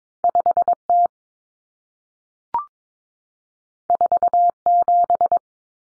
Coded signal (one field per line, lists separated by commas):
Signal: Morse code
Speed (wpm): 22 wpm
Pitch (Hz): 700 Hz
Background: none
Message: 5T 47